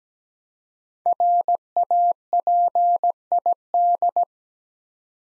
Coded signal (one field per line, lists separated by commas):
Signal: Morse code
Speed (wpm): 17 wpm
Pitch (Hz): 700 Hz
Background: none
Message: RAPID